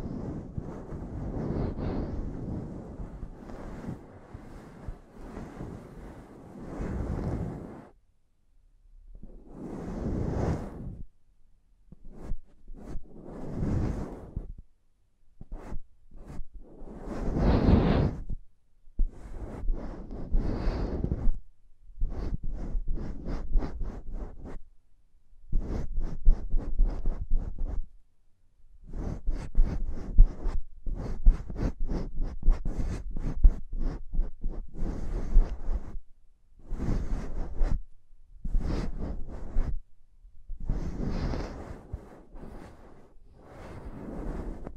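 Intense tapping and scratching on a microphone comes in dense bursts, some long rough scrapes and some quick rapid-fire taps, separated by short silences. The sound is mostly low and thumpy with a gritty, scratchy top, and the bursts keep coming throughout.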